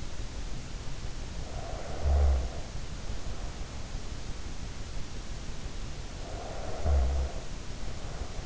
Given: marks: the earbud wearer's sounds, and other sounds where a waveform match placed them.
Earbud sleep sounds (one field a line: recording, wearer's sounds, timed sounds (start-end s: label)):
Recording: sounds in sleep by an in-ear microphone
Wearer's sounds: snoring breath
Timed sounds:
1.37-4.06 s: snoring breath
6.19-8.46 s: snoring breath